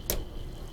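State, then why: Seated. An ARGB fan cable connector is worked into place and pushed into its mating ARGB connector. It seats with one sharp click at 0.1 s, followed by a low background hum, and the connectors are locked together.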